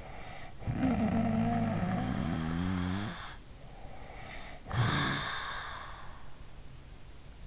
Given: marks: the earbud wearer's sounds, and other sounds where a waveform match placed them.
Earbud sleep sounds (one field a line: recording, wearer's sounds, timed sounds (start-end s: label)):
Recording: sounds in sleep by an in-ear microphone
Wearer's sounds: snoring breath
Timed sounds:
0.24-3.56 s: snoring breath
4.42-6.59 s: snoring breath